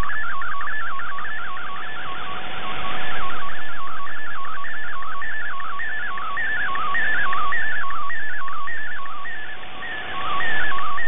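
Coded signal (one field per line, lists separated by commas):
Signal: multi-tone FSK (Olivia or MFSK type)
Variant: MFSK64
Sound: fast warbling tone jumping between pitches continuously, with a faint steady low whistle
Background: shortwave radio static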